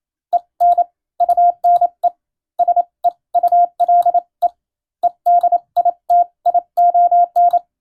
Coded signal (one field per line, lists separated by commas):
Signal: Morse code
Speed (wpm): 27 wpm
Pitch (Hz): 700 Hz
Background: radio noise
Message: EN UNE SEULE EDITION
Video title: 懐かしいなぁ、モールス信号！モールスを教える専門学校がありました！国家試験に準じた欧文無線電報です。今でも国家試験があります。アマチュア無線の受信練習にどうぞ morse code practice